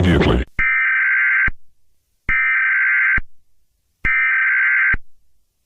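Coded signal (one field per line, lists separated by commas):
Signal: Emergency Alert System (SAME) tones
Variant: header bursts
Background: speech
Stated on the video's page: Simulated EAS scenario recreating the Moore, Oklahoma F5 tornado.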